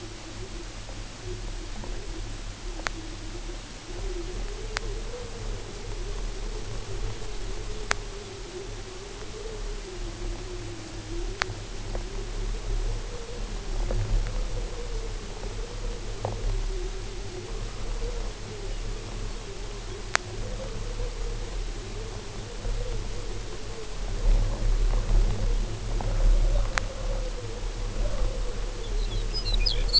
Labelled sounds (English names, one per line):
unidentified sound
Lapland Longspur